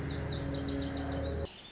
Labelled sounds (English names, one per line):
Lazuli Bunting